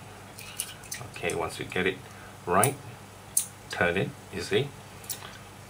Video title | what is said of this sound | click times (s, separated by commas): Goliath RTA By Youde Technology | that little flat side inside it will click in just nice | 3.4 s